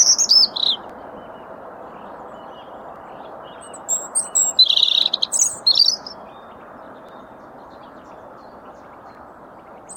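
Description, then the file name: European robin song: a short high thin phrase at the start, then a longer run of sparkling, tumbling notes midway, over a steady low rushing background noise. "Erithacus rubecula"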